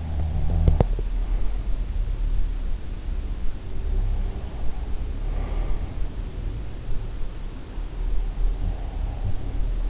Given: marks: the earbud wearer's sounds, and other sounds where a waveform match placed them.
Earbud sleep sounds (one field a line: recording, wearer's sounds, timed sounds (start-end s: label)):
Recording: sounds in sleep by an in-ear microphone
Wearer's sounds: snoring breath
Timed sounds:
0.00-0.83 s: snoring breath